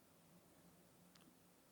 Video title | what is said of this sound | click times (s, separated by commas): Part 2 Playstation 4 HDMI Repair #repairing #smartphone #playstation . | As you can hear, it's clicking. | 1.2 s